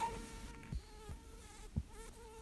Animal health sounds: mosquito flight sound by mobile phone; Aedes sierrensis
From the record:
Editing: cut to the mosquito's sound

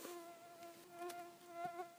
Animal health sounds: mosquito flight sound by mobile phone; Aedes sierrensis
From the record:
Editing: cut to the mosquito's sound

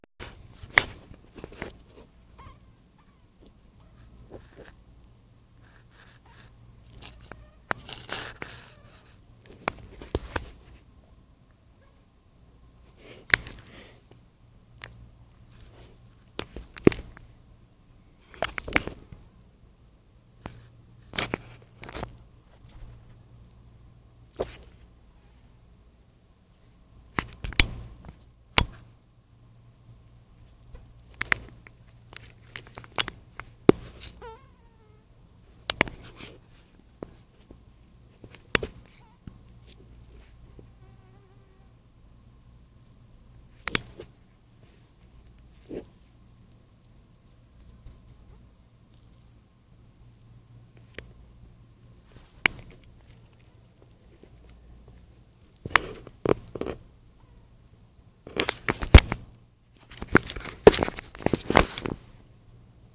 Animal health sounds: mosquito flight sound by mobile phone; Anopheles dirus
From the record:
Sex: female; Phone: Nokia 5235

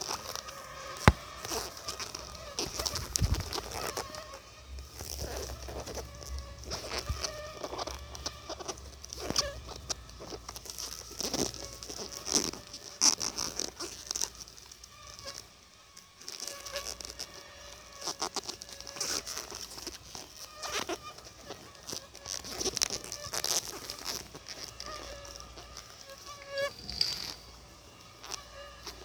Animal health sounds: mosquito flight sound by mobile phone; Aedes albopictus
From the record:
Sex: female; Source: CDC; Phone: Sony Xperia

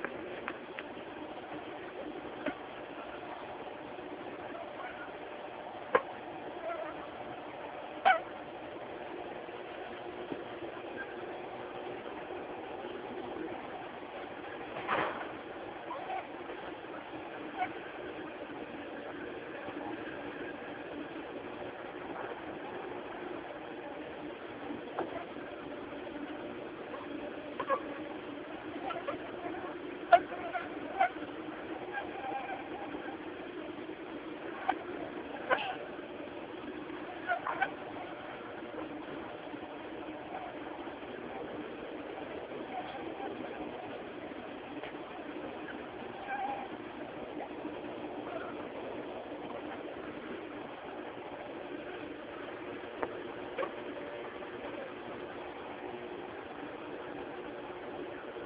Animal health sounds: mosquito flight sound by mobile phone; Aedes aegypti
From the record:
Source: UCD LA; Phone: Samsung T209

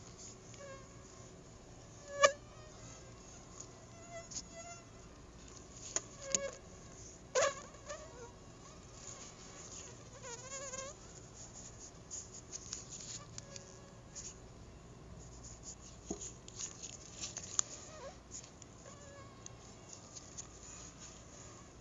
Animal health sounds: mosquito flight sound by mobile phone; Anopheles arabiensis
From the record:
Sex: female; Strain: Dongola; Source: CDC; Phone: Google Nexus

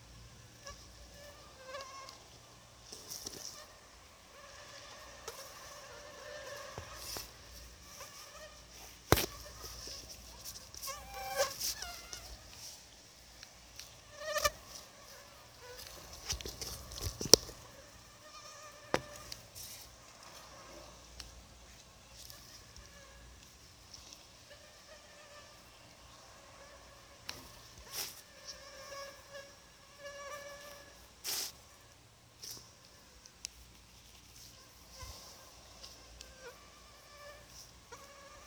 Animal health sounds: mosquito flight sound by mobile phone; Anopheles gambiae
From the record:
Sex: female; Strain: RSP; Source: CDC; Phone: Sony Xperia

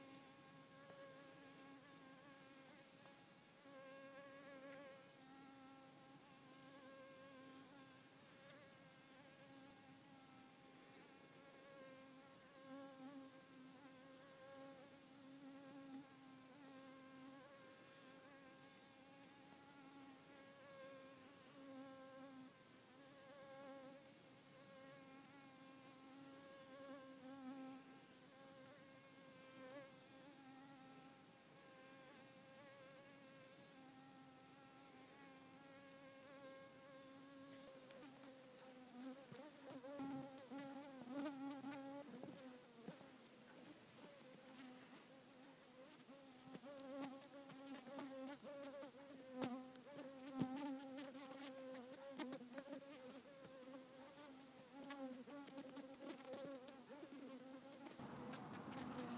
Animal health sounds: mosquito flight sound by mobile phone; Culiseta incidens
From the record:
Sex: female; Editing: snipped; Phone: iPhone 4S

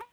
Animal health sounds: mosquito flight sound by mobile phone; Aedes sierrensis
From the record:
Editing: cut to the mosquito's sound

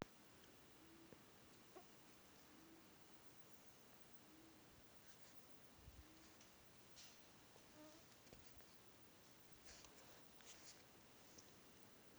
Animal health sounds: mosquito flight sound by mobile phone; Aedes sierrensis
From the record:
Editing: field recording with all noises

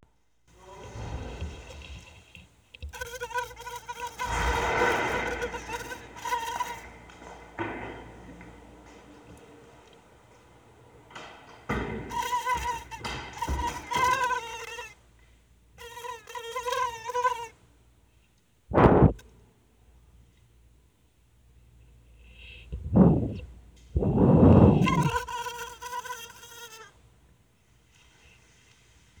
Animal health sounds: mosquito flight sound by mobile phone; Anopheles albimanus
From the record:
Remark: in a tube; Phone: Sony Xperia

